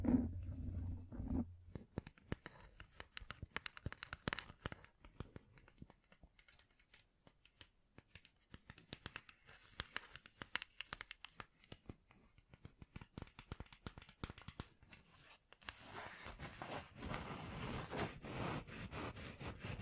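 Gem-covered fingertips tap and scratch in quick, irregular bursts of sharp clicks and dry scrapes that run through most of the twenty seconds. A low rumbling opens the first second or so, and after about sixteen seconds a steadier, louder rustling scratch takes over.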